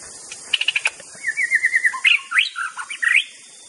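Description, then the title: White-rumped shama singing a quick medley: sharp chip notes, then a fluid run of whistled notes and rising and falling slurs, over a constant high insect hiss. Wild bird, natural song recorded in forest. "Kicau Asli Murai Batu Hutan"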